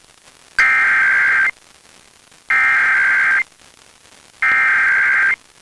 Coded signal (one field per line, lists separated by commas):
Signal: Emergency Alert System (SAME) tones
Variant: header bursts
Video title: Pennsylvania Required Monthly Tests (10/20/22) (EAS 1244-1254)